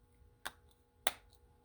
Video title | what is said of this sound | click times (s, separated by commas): Replacing the Fob battery in a 2012 Toyota Camry | That's a satisfying click, so that's good. | 1.1 s